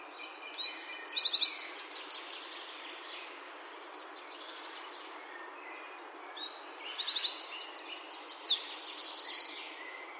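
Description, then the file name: Eurasian wren song: two loud, fast cascades of high, staccato notes, the second finishing in a bright sustained trill, with a calm gap between. "Troglodytes troglodytes"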